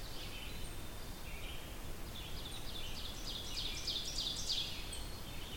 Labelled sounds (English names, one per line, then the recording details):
Ovenbird song
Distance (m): 45 m
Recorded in boreal forest in Alberta, Canada, on 20 June 2016 at 08:26
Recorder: SongMeter 3, array SBT-6-81
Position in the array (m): 144 m, 206 m
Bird 25